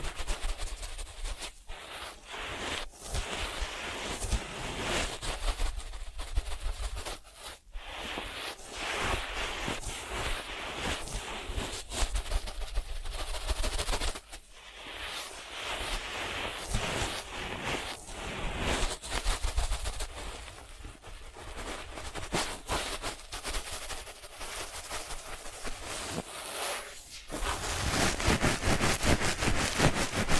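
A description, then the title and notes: ASMR ear treatment of dense, crackling rustles and scratches, steady throughout, broken by brief gaps near 7, 14 and 27 seconds, louder at the end. ASMR 3D Brain Penetrating Ear Treatment.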